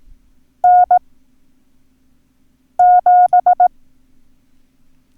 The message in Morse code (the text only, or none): N7